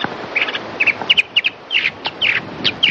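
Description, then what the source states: Mockingbird song: many quick, varied chirps and short paired notes in rapid, irregular phrases over light background noise. Song, which sounds completely different from the alarm call; recorded and played back to marine iguanas, which distinguished it from alarm calls.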